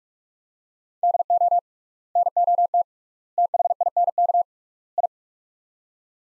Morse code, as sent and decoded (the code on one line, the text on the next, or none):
-.. --- / -. --- - / - .... .. -. -.- / ..
DO NOT THINK I